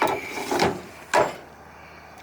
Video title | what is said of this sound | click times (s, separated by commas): Rear Mount Battery for Turbo D21 | you can grab it pull it out kind of clicks into place for me | 1.1 s